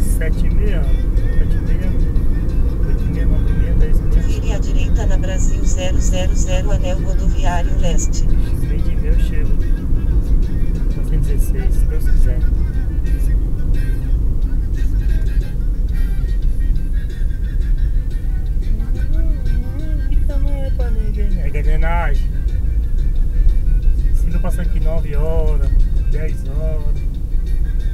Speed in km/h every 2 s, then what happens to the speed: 70, 70, 67, 63, 58, 53, 44, 35, 33, 32, 31, 32, 32, 29.
3-15 slows to 33. 15-28 steady at about 32.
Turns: none.